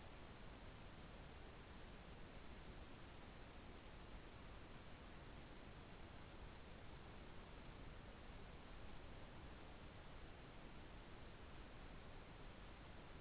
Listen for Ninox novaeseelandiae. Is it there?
no